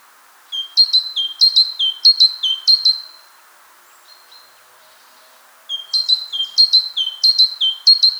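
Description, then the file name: Great tit delivering two runs of brisk two-note phrases, sharp high note then lower tone, several repeats per run with a quiet pause between. "Parus major"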